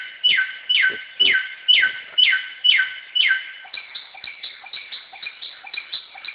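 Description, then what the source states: Samyong song: loud, evenly spaced chirping notes, roughly two a second, then softer and busier twittering notes. Recorded in forest.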